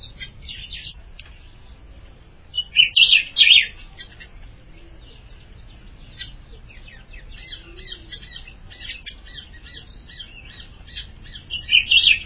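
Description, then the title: Ultramarine grosbeak song: two loud bursts of sweet, slurred whistled notes, with busy high chirping throughout. "Azulao"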